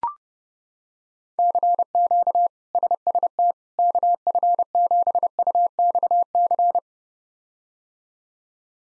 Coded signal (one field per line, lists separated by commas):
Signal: Morse code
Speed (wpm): 30 wpm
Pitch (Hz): 700 Hz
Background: none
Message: CQ SST KF7UXC